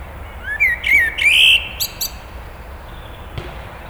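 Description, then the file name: Eurasian blackbird sings a rising, mellow warble that turns into a strained, high, buzzy twitter. "Turdus merula"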